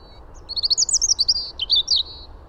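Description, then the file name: European robin song: a quick, jumbled phrase of high tinkling notes and fast twittering trills, bright and varied. "Erithacus rubecula"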